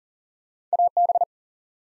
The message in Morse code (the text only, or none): AB